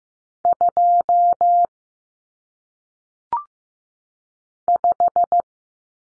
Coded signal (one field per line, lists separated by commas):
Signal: Morse code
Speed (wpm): 15 wpm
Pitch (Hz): 700 Hz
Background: none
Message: 2 5